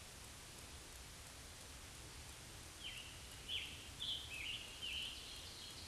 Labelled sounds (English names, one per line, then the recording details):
Scarlet Tanager song
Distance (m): 60 m
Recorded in a Pennsylvania forest on 1 June 2023 at 08:09
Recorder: AudioMoth, point grid3_36_low
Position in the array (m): 165 m, 141 m